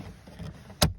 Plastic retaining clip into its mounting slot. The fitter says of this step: and you'll hear a little snap when you get it there turn it 90°